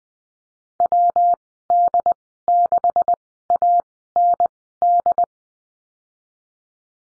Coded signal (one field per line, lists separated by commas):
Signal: Morse code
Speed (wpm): 20 wpm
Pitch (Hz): 700 Hz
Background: none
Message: WD6AND